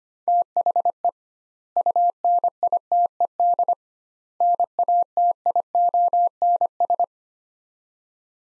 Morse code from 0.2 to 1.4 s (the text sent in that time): THE